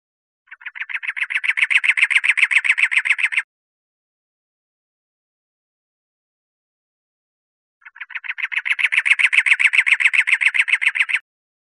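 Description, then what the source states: Wren repeating a rapid, harsh churring rattle twice, each burst roughly three seconds long and swelling in loudness, with a long silent gap between them. In Costa Rica.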